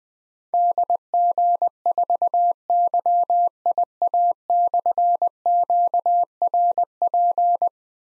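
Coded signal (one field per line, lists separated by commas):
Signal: Morse code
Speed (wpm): 20 wpm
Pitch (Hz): 700 Hz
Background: none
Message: DG4YIA/QRP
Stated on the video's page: Morse code call sign drill at 20 wpm of difficult slashed call signs for keyboard or pencil copy; each sent, spoken, then sent again.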